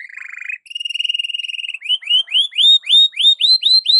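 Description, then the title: Canary song: a low buzzy trill, then a steady ringing trill, then a series of rising upswept whistles repeated about four times a second. Belgian canary song in the morning, for warming up Belgian canaries; suitable for masteran (tutoring other birds). "Canto Para Esquentar Canário Belga. SUARA BURUNG KENARI DI PAGI HARI COCOK BUAT MASTERAN"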